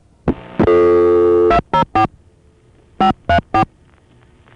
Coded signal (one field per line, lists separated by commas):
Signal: DTMF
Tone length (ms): 100 ms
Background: music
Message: 204 534